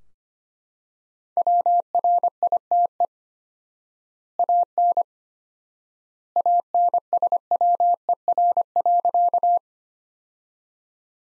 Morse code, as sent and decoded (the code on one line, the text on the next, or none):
.-- .-. .. - . / .- -. / .- -. ... .-- . .-. .-.-.-
WRITE AN ANSWER.